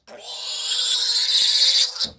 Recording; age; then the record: pig call; piglet (1 to 25 days)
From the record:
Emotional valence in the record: negative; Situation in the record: restrain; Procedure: back test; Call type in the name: high-frequency call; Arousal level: medium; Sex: male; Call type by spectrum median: high-frequency call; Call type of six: high-frequency stable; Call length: 2.3 s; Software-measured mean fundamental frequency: 513 Hz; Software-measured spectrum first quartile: 4162 Hz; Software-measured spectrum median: 5601 Hz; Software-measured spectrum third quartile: 9170 Hz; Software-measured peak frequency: 3922 Hz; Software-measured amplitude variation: 139 dB a second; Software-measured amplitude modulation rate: 20.7 a second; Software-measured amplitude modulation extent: 6.7 dB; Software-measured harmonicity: 3.2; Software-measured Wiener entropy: -2.28